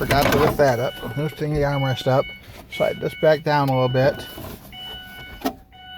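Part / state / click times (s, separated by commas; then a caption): plastic center console into vehicle floor clips / seated / 5.5 s. A plastic center console is guided down onto the vehicle floor clips while being reinstalled in a 2007 Ford Escape/Mariner, as someone talks. A sharp snap at 5.5 s marks the console clicking into place, seated.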